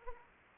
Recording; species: mosquito wingbeat signal from an infrared sensor; Anopheles arabiensis